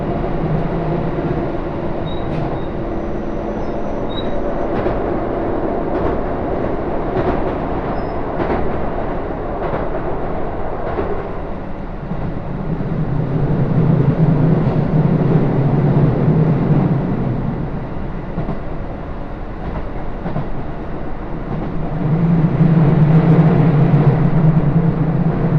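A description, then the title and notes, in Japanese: A local train on the Takayama Main Line runs from Jōro toward Shimoaburai, its low rumble steady throughout. Brief clicks and knocks from the wheels come irregularly in the first half, and a humming drone swells around 13–17 seconds and again after 22 seconds. 高山本線普通 上呂→下油井。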